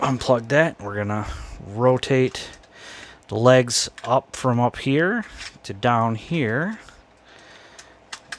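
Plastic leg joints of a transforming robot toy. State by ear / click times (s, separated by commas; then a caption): seated / 8.1 s, 8.3 s. Someone talks while rotating the plastic legs of a Transformers War for Cybertron Siege Jetfire transforming robot toy from the up position down into their detents. Two short, sharp plastic clicks at 8.1 s and 8.3 s mark the legs seating into place.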